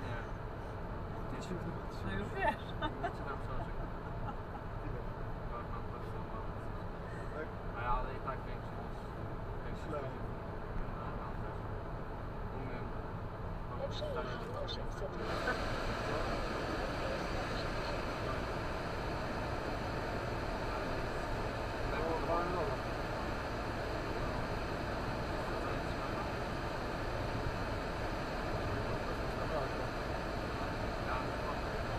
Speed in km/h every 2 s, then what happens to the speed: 79, 79, 79, 79, 79, 79, 79, 79, 79, 79, 79, 79, 79, 79, 79, 78.
0-32 steady at about 79.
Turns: none.